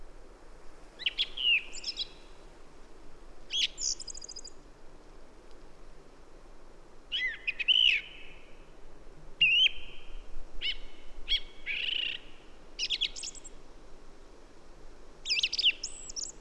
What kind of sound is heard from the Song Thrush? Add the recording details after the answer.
song. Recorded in the wild. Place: Halbinsel Kindo, Karelien, RU. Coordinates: 66.55, 33.1. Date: 1998-06-22. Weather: clear, 8°C, weak easterly winds. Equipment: Aiwa HD-S1, Telinga Pro 5. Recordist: Frommolt, Karl-Heinz. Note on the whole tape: Mastenweg, Höhe Mast 6: Gesang. Entfernung ca. 20 m. Tier nicht gesehen